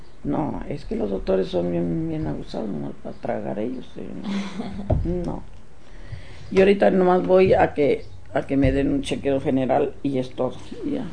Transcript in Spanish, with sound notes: No, es que los doctores son bien, bien abusados, nomás pa tragar ellos. (risas) No. Y ahorita nomás voy a que, a que me den un chequeo general y es todo y ya.